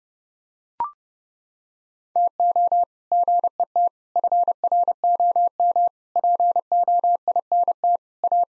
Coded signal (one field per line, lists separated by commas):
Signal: Morse code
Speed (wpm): 30 wpm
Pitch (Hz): 700 Hz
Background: none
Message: TO GET FROM POINT A